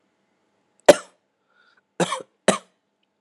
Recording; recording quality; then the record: heavy voluntary cough; excellent, no background noise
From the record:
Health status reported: healthy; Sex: male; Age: 25 years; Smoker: yes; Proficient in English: yes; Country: India